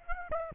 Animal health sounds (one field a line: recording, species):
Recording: mosquito wingbeat signal from an infrared sensor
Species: Aedes aegypti